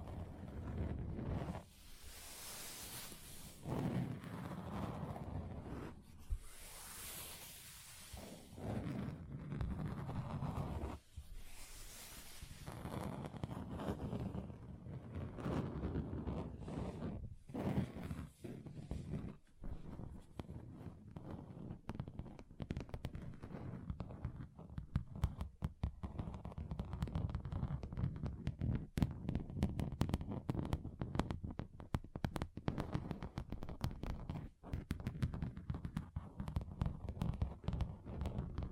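Tapping on a table and other surfaces, with bursts of bright, hissing rubbing or scraping in the first twelve seconds. After that, the sound turns into dense, rapid, irregular taps and knocks, mostly low and dull, continuing steadily to the end.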